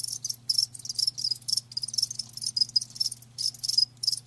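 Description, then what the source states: Crickets chirping in quick shrill pulses, bursts separated by short silences, a low hum running beneath. Live crickets chirping, a lulling song.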